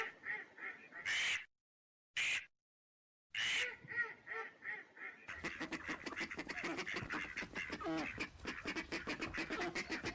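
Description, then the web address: Ducks giving a few loud separate quacks, then a dense, noisy chorus of many overlapping quacks and chatter. Migratory ducks, male and female. "Male and female migratory ducks. صدای-مرغابی-های-مهاجر-نر-و-ماده"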